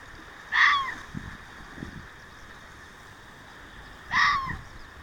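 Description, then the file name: Fox barking twice, each short and hoarse, spaced about three and a half seconds apart, with faint low knocks between them. Recorded 6 June 2024. "キツネ 240606"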